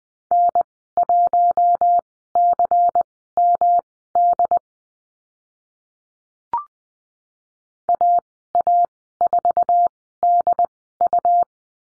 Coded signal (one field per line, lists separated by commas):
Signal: Morse code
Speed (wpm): 20 wpm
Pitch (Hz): 700 Hz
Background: none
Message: N1CMD AA4DU